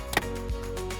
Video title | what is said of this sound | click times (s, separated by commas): Honda Accord - How-To Install Angled Mount (856010) | and it snaps into place now we can remove the Gap opener | 0.2 s